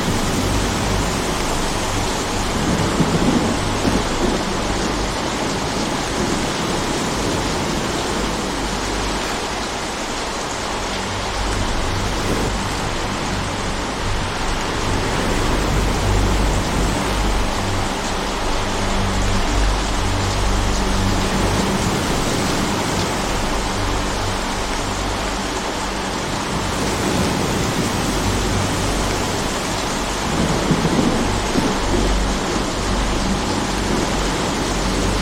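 Steady, dense rain hisses evenly throughout, with a low rumbling undertone that swells gently around ten, twenty and thirty seconds.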